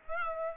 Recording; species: mosquito wingbeat signal from an infrared sensor; Aedes aegypti